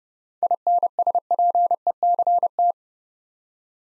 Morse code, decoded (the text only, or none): INSPECT